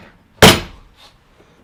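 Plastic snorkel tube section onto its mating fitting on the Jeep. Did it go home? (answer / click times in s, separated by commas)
yes / 0.4 s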